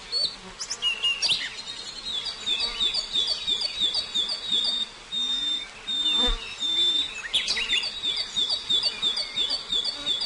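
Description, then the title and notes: Prinia song, high chirps and fast rolling trills in repeated phrases broken by short pauses, over a soft background hiss. Full song including the rolling song style called ngerol. "Suara Kicau Burung Prenjak Lengkap dan Ngerol"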